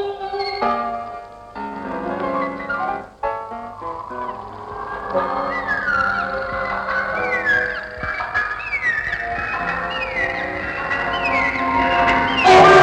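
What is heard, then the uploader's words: Golden jackals howl in a chorus, their wavering, tonal calls layering over one another. The first few seconds hold separate rising and falling howls, then from about five seconds many voices overlap into dense yipping and sliding wails that grow louder toward the end. Golden Jackal Sunset Chorus, Wildebeeste and Hyena.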